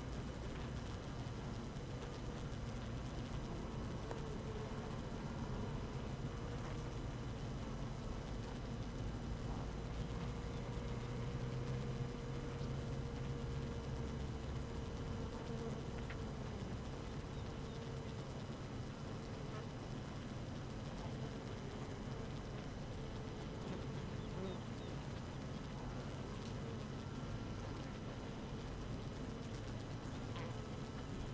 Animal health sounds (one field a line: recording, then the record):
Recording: honeybee colony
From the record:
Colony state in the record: active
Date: 12 June 2018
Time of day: 6:23